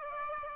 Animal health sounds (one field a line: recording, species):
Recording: mosquito wingbeat signal from an infrared sensor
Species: Aedes aegypti